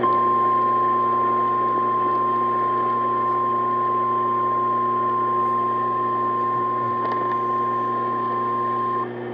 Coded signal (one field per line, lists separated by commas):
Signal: Emergency Alert System (SAME) tones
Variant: 1050 Hz attention tone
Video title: ClaArksville (NWS Nashville Severe Thunderstorm Warning) (EAS)